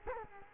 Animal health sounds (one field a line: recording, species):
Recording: mosquito wingbeat signal from an infrared sensor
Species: Culex quinquefasciatus